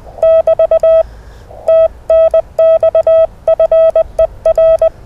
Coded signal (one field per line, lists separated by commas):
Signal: Morse code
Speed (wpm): 21 wpm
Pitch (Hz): 650 Hz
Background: none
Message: <BT> TNX FER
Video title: Morse Code RaDAR 3rd April 2021